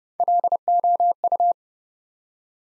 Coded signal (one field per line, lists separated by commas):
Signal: Morse code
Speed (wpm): 30 wpm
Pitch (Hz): 700 Hz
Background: none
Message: LOU